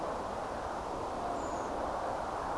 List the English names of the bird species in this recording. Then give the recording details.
Redwing. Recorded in France